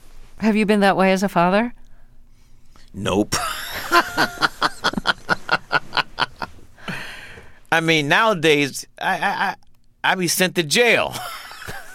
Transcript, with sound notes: Have you been that way as a father?
Nope (laughter). I mean, nowadays, I'd be sent to jail